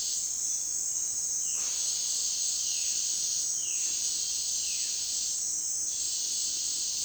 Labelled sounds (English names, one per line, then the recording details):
Violaceous Jay
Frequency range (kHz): Violaceous Jay 1.3-4.0 kHz
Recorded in dense forest near Puerto Asís, Putumayo, Colombia, on 18 February 2024 at 17:00
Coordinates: 0.466, -76.327
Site G6413